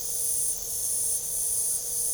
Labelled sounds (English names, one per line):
none